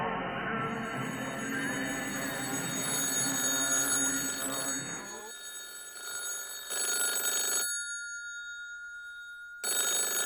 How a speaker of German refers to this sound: Gewartet, dass das Telefon klingelt.